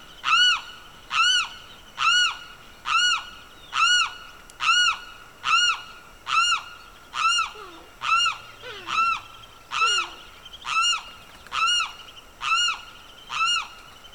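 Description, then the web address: Bird giving a long, steady series of loud, arched, harmonic notes, roughly one each second, with a few faint lower sliding notes from another bird partway through. Evening birdsong in the Pantanal swamp, rural South America. "The BBC Sound Effects Library - Complete 60 CDs Collection Sound Effects Library- (Rural South America) Evening Birdsong, Pantanal Swamp"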